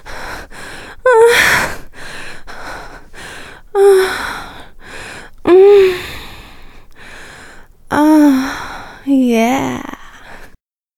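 Common hill myna calls: five loud, harmonic, bending notes, some rising then falling, with soft breathy noise between.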